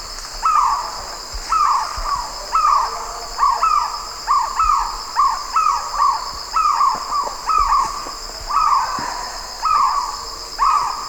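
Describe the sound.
White-rumped kingfisher giving a series of grating calls, often doubled, about once a second, against a continuous high insect drone.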